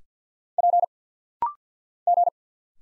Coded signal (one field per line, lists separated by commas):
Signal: Morse code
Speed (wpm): 50 wpm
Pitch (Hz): 700 Hz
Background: none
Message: P G